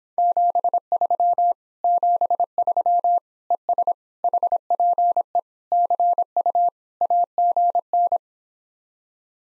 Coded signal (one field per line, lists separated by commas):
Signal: Morse code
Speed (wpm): 26 wpm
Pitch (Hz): 700 Hz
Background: none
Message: 73 73 ES HPE CU AGN